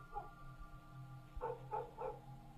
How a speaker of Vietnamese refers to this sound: Một lát khi trời về khuya, chẳng hiểu làm sao, chó ở trong làng cứ thế sủa cả lên.